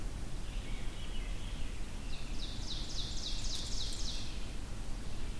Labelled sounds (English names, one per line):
Ovenbird song